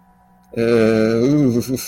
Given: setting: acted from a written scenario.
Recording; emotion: vocal sound without words; embarrassment